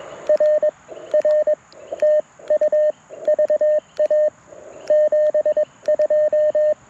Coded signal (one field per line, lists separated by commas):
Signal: Morse code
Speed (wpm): 22 wpm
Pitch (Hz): 610 Hz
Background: radio noise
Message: RR TU VA 72